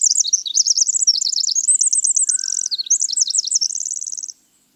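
Winter wren song: a continuous, very fast string of high warbles and trills, rising and falling, lasting over four seconds before stopping.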